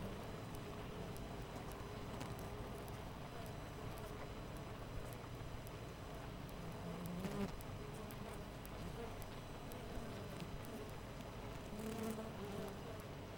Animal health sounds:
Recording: honeybee colony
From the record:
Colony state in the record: missing queen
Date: 14 July 2017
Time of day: 5:41

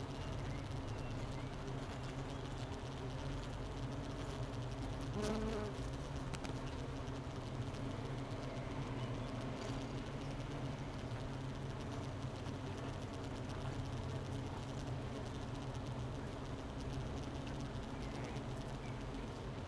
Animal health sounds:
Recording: honeybee colony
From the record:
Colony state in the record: missing queen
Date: 31 May 2018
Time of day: 11:54

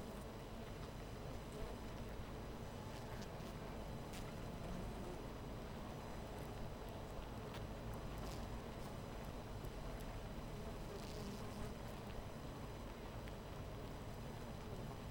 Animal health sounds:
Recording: honeybee colony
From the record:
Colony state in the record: missing queen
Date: 14 July 2017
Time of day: 13:00

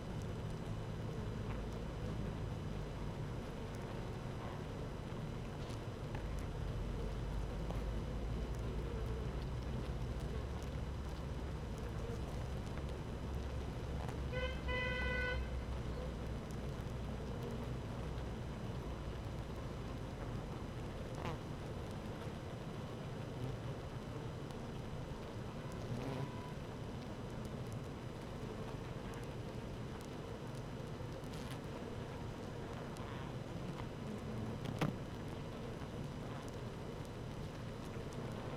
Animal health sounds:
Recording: honeybee colony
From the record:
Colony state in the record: active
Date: 12 June 2018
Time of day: 15:09

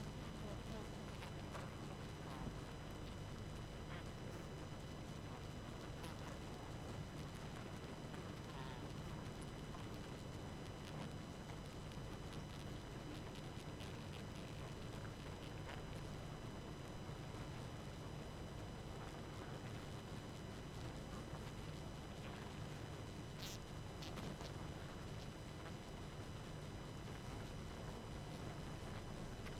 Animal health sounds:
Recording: honeybee colony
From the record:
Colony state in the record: active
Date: 12 June 2018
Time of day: 22:38

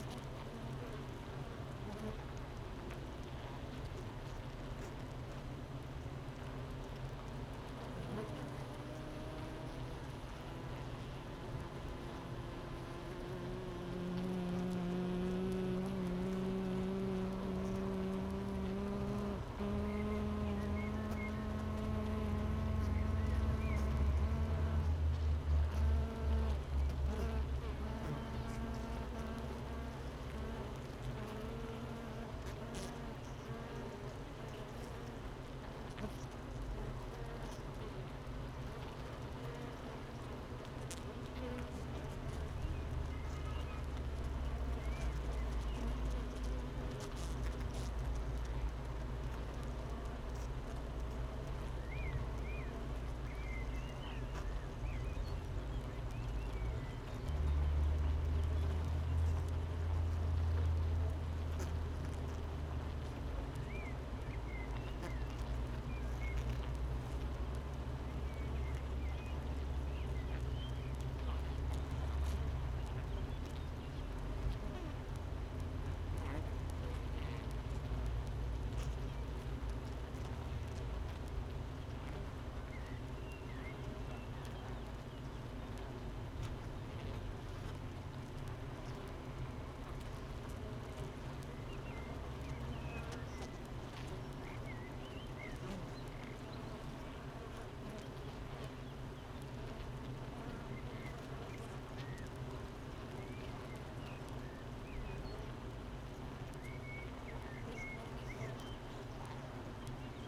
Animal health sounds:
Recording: honeybee colony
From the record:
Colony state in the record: missing queen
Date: 31 May 2018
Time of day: 8:26

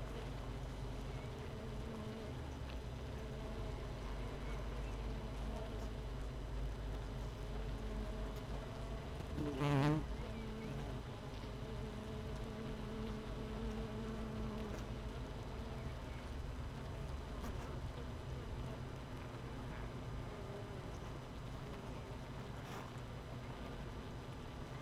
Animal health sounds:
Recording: honeybee colony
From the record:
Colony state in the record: missing queen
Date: 31 May 2018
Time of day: 17:54

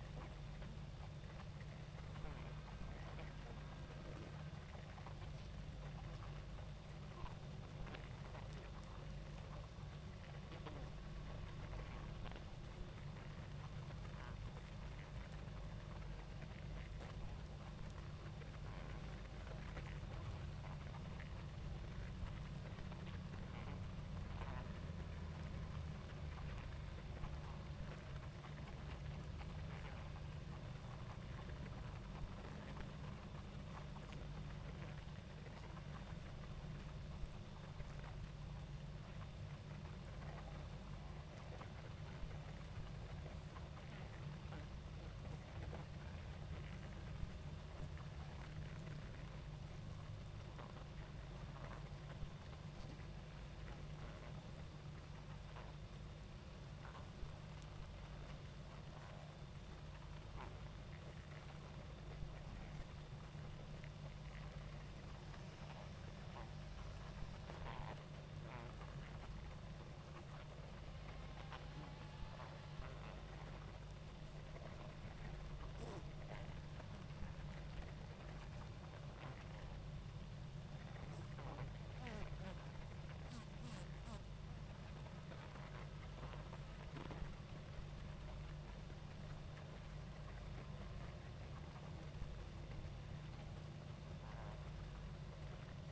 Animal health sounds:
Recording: honeybee colony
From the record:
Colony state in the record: active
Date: 28 July 2017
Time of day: 20:26

